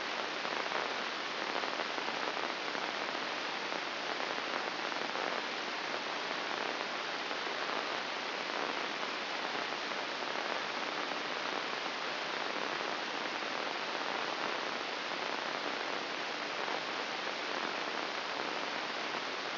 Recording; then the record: brain microelectrode recording played as sound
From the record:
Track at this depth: inside the subthalamic nucleus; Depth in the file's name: 1.606 mm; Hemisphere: right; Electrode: 2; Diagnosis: Parkinson's disease